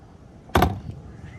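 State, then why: Seated. On a 2025 Keystone Coleman 17B travel trailer, a front pass-through storage door is swung up and held by a small magnetic catch. A sharp snap at 0.6 s, with a quick second tick right after, marks the catch seating and holding the door up.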